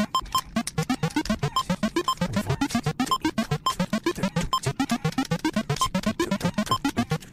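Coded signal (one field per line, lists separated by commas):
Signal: none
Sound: music sound effects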